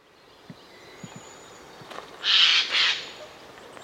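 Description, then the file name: Eurasian jay uttering two loud, hoarse screeches in quick succession, the first longer, after a quiet stretch with faint clicks. "Garrulus glandarius"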